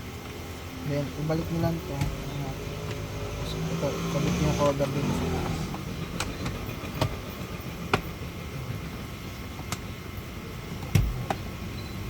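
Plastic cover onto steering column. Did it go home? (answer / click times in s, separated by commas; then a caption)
no / none. Someone talks while handling the plastic steering column cover being refitted over the clock spring (spiral cable) of a Toyota Fortuner, with rustling and scraping over a low steady hum. Short sharp knocks sound at about 6.2, 7.0, 7.9 and 11.3 s, but the cover has not clipped on or seated yet.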